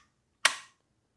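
A second compact pistol is pushed into a Tulster Profile Kydex IWB holster. A single sharp, bright click at 0.5 s fades out within about a quarter second. The pistol is seated firmly in place with no wiggle.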